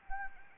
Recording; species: mosquito wingbeat signal from an infrared sensor; Anopheles arabiensis